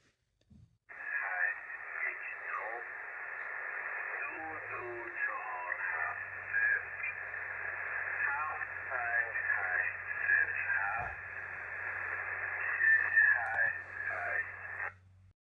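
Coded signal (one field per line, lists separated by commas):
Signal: numbers station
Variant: Farsi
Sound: continuous narrowband voice over shortwave radio, tinny and muffled, with a low hum beneath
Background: radio static, mains hum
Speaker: uh 6:00 every day. No one knows what it's about. It's a mystery. And here it is again.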